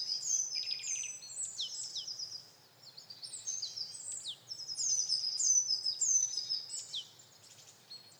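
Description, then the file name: Eurasian blue tit calls: a short buzzy rattle at the start, then many high, falling, whistled notes strung in rapid runs, with a brief quiet gap. "Cyanistes caeruleus"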